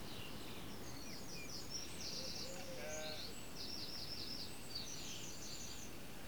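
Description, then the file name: Eurasian wren giving high, rapid bursts of notes, repeated several times, against strong low rumbling background noise. "Troglodytes troglodytes"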